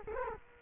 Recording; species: mosquito wingbeat signal from an infrared sensor; Culex quinquefasciatus